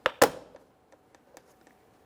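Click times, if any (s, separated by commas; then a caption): 0.1 s, 0.2 s. A plastic courtesy light lens for a 1999–2006 Chevrolet Silverado 1500 is aligned with its locating tab in the door panel slot and pressed in. Two sharp clicks sound at 0.1 s and 0.2 s, followed by a few faint ticks, and the lens is seated in the door panel.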